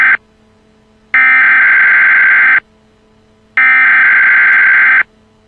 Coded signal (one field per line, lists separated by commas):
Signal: Emergency Alert System (SAME) tones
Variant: header bursts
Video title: EAS Scenario - Mario from "Super Mario Bros."